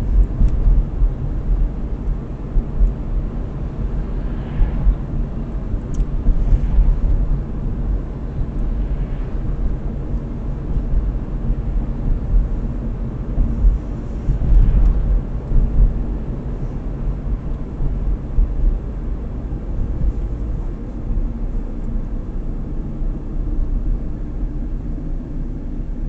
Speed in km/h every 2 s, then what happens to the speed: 48, 48, 48, 47, 48, 48, 46, 45, 46, 45, 42, 34, 22.
0-19 steady at about 47. 19-26 brakes to 22.